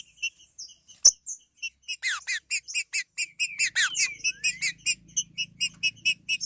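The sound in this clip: Green-winged saltator producing a run of bright chipping notes, with slurred whistles and a rising note woven in.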